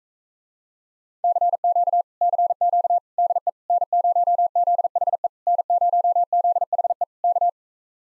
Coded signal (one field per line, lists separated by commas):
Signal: Morse code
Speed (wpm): 45 wpm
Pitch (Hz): 700 Hz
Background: none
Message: CQ CQ DE N0ZHE N0ZHE K